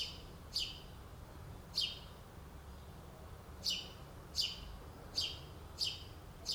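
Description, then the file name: House sparrow calls: two high chirps, a pause, then a quicker run of evenly spaced chirps over faint low noise. "Passer domesticus"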